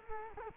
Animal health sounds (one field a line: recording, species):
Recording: mosquito wingbeat signal from an infrared sensor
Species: Culex quinquefasciatus